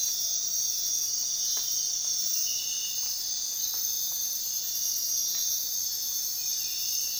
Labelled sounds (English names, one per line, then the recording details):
none
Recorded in dense forest near Puerto Asís, Putumayo, Colombia, on 18 February 2024 at 05:00
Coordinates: 0.466, -76.327
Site G6413